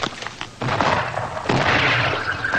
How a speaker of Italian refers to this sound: qui a Cadice, mentre ancora tuonano i cannoni è arrivata la notizia che il duca di Angulema ha vinto la sua battaglia contro i liberali spagnoli.